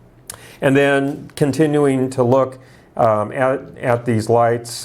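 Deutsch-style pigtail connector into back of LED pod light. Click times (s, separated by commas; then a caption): 0.3 s. A Deutsch-style pigtail connector is plugged into the back of a Diode Dynamics SS3 Pro LED pod light's housing and gives a sharp click at 0.3 s as it locks securely into place. Someone then talks.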